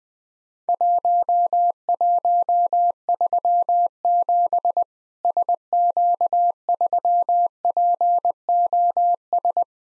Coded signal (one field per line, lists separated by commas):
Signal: Morse code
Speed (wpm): 20 wpm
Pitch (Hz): 700 Hz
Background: none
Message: 1137 SQ3POS